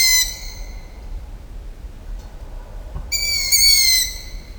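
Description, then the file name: Owl calls: a brief high screech at the start, then after a quiet gap a longer, strained, wavering screech of over a second, with soft low noise beneath. "sova"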